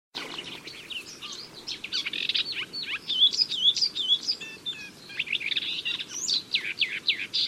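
Bird pouring out a rapid, varied stream of high chirps, twitters and short whistled slurs, almost continuous throughout, with a faint low background hum.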